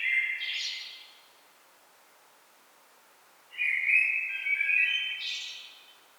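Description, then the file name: Common blackbird song: a low fluted warble ending in a high squeaky flourish, a pause of about two seconds, then a second mellow phrase rising to a thin twitter. "Turdus merula"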